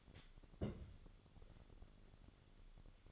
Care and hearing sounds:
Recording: daily activity, microphone in the room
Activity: place on stove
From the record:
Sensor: 4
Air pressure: 1008.9 hPa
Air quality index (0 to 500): 131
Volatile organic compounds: 1 ppm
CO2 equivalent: 954 ppm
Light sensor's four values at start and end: 10/23/9/9 and 11/24/9/9

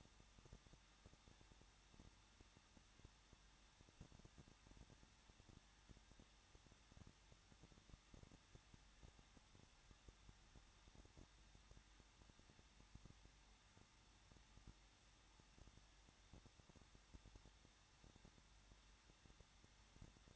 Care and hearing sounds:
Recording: daily activity, microphone in the room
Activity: no activity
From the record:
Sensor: 3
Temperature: 21.2 degrees Celsius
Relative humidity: 36.3%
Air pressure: 1006.3 hPa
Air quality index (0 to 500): 222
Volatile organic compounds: 41 ppm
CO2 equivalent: 3164 ppm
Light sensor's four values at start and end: 2/3/2/2 and 2/3/2/2

